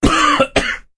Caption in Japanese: 蓋開けたらですね。おう。 (0)百日咳でして。百日咳。ちょっと流行ってたんですけど。 長く咳が続く。うんうんうん。 (1)状態の方までちょっと行っちゃいましてね。 体力の消耗もすごかった。